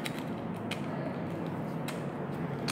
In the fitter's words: กลับไปปุ๊บเนี่ยมันจะดังกริ๊กมั